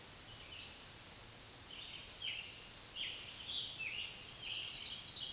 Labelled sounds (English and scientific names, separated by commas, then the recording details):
Scarlet Tanager (Piranga olivacea) song
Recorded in a Pennsylvania forest on 1 June 2023 at 08:07
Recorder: AudioMoth, point grid3_18_high
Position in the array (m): 157 m, 148 m